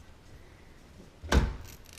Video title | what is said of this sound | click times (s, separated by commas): Intel i7-6950x Extreme Overkill PC Build | was an in far enough there you hear the click and | 1.3 s